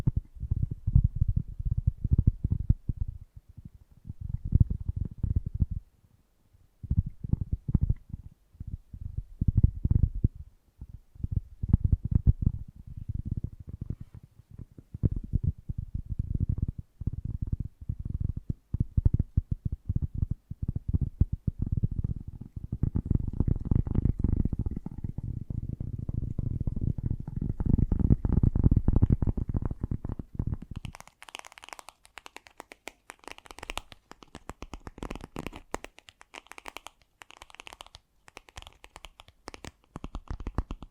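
Fast, gentle tapping in dense soft low thuds for about thirty seconds, then switching to lighter, crisper, brighter taps until the end.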